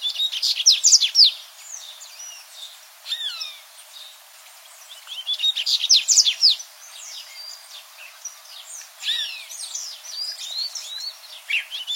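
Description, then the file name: Dubois's seedeater song in repeated bursts: fast, high, scratchy twittering at the start and again around six seconds, with softer chips and slurred notes between. "Canto do Papa capim de costas cinzas"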